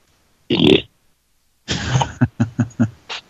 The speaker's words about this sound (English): I just heard her burp.